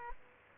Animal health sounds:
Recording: mosquito wingbeat signal from an infrared sensor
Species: Aedes aegypti

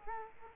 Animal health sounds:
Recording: mosquito wingbeat signal from an infrared sensor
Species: Culex quinquefasciatus

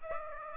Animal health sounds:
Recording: mosquito wingbeat signal from an infrared sensor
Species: Aedes aegypti

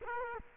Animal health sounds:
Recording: mosquito wingbeat signal from an infrared sensor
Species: Culex quinquefasciatus

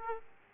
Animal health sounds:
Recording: mosquito wingbeat signal from an infrared sensor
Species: Aedes aegypti

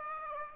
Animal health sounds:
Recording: mosquito wingbeat signal from an infrared sensor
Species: Aedes aegypti

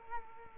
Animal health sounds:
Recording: mosquito wingbeat signal from an infrared sensor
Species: Culex quinquefasciatus

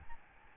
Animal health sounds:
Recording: mosquito wingbeat signal from an infrared sensor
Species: Aedes albopictus

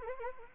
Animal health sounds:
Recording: mosquito wingbeat signal from an infrared sensor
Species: Anopheles arabiensis

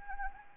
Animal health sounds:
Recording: mosquito wingbeat signal from an infrared sensor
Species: Anopheles gambiae

